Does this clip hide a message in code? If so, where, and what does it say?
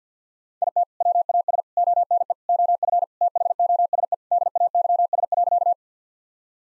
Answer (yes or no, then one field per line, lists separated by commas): yes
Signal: Morse code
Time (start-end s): 0.6-5.7 s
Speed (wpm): 50 wpm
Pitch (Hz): 700 Hz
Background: none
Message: IT WAS ONE OF THOSE DAYS.